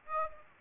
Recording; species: mosquito wingbeat signal from an infrared sensor; Aedes aegypti